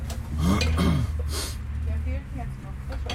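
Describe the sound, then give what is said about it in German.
Dishes and cutlery clink and clatter in short, irregular bursts while food is served to a queue of fairground showmen holding cutlery at a caravan, with indistinct voices murmuring underneath throughout. “Jeder hat Besteck in der Hand.”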